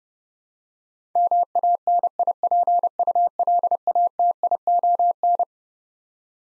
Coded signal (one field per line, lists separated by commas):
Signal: Morse code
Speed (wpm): 30 wpm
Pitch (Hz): 700 Hz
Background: none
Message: MANIPULATION